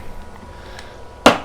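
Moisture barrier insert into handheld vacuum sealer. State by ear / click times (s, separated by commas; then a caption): seated / 1.3 s. A plastic moisture barrier insert is pressed into the vacuum hole of a SealVax Super Compact handheld vacuum sealer. After two faint ticks near 0.4 and 0.8 seconds, a sharp, loud snap at 1.3 seconds marks it seating. The snap holds the insert in place.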